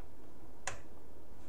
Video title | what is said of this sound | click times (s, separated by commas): Computer Build Guide Part 2 | make sure it snaps in place | 0.7 s